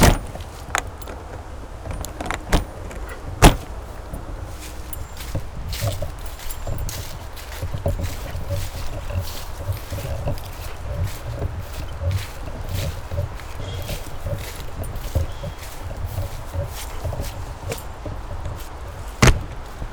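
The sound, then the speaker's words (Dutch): Caravan doors bang shut in a few sharp, irregular knocks, with one loud slam early on and another near the end, over a steady rustling, faintly metallic background and no talking. “Dus de deuren zijn dicht nu van alle caravans.”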